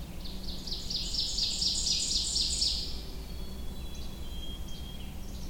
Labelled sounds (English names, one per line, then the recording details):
Ovenbird song
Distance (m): 25 m
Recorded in boreal forest in Alberta, Canada, on 21 June 2016 at 06:52
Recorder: SongMeter 3, array SBT-6-81
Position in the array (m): 35 m, 95 m
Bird 24